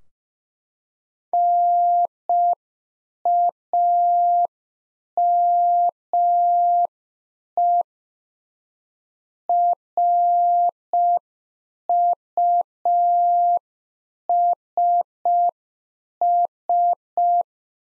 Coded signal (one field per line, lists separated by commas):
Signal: Morse code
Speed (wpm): 5 wpm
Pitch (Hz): 700 Hz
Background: none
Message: NAME RUSS